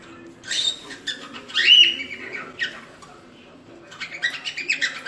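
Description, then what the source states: Cockatiel calls: a few harsh squawks and one clear upslurred whistle, followed by a quiet gap and a run of rapid scratchy chips. Lutino colour mutation cockatiel, song.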